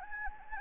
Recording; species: mosquito wingbeat signal from an infrared sensor; Anopheles gambiae